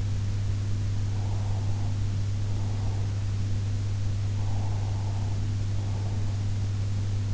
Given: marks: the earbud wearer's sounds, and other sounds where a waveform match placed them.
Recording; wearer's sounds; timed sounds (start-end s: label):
sounds in sleep by an in-ear microphone; breath
1.02-3.39 s: breath
4.11-6.60 s: breath